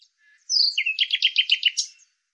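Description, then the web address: Bird, a brief high song phrase: a sliding whistle followed by a quick trill of several pulsed notes. "Deverinetal 2025"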